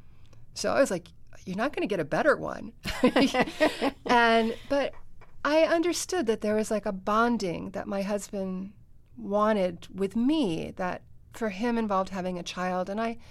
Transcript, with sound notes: So I was like, you're not going to get a better one.
(Laughter).
But I understood that there was, like, a bonding that my husband wanted with me that for him involved having a child.